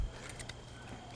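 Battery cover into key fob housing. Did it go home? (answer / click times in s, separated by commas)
yes / 0.5 s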